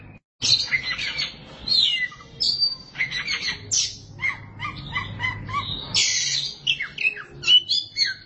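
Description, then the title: Oriental magpie-robin singing a rich medley of high whistles, quick trills and falling slurs in rapid phrases, with a steady low hum behind. "Suara Kicauan Burung Kacer"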